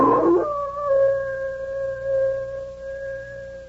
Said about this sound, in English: Bill, listen to that old wolf out there. Sure sounds like a big one. He sure does. Maybe he's the one that's been doing all the calf killing around here.